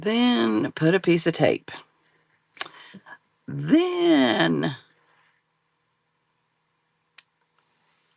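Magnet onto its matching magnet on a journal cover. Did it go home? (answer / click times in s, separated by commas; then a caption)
yes / 7.2 s. A magnet taped onto a journal cover is brought to its matching magnet while someone talks, and after a pause it snaps together with a single sharp click at 7.2 seconds. The magnet clasp is seated in place.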